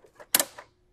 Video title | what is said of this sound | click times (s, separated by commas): Chevrolet K5 Blazer TRX4 1/10 High Trail Traxxas | it and you hear the click and you're good to go | 0.3 s